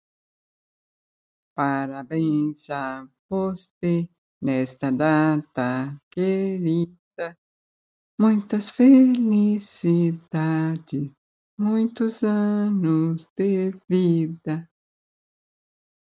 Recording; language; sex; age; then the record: short text; Brazilian Portuguese; female; 60 to 69 years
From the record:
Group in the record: control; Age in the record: 62 years